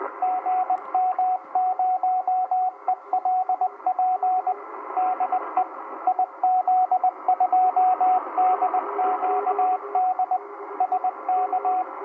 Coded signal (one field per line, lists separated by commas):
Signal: Morse code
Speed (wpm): 20 wpm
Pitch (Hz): 740 Hz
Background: radio noise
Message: GM0ELP DE IZ2DQD SK